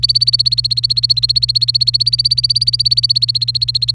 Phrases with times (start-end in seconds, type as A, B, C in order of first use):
0.00-3.91 A